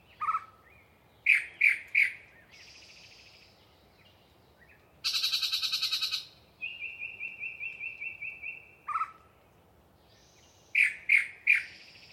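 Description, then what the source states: Yellow-breasted chat song of sharp whistled notes, a nasal buzz, a loud harsh chatter and a long even run of quick high notes, then more sharp whistles. Single particularly chatty bird giving a long pre-dawn soliloquy in deciduous cover near the microphones.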